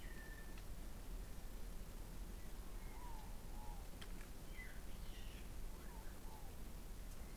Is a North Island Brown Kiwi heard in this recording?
no